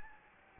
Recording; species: mosquito wingbeat signal from an infrared sensor; Anopheles gambiae